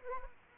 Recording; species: mosquito wingbeat signal from an infrared sensor; Aedes aegypti